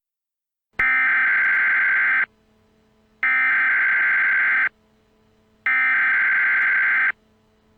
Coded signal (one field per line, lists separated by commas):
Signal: Emergency Alert System (SAME) tones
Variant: header bursts